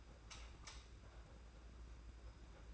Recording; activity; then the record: daily activity, microphone in the room; light on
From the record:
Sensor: 2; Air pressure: 991.8 hPa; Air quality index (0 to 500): 228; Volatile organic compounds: 1000 ppm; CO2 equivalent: 7628 ppm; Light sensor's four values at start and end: 11/27/11/11 and 11/27/11/11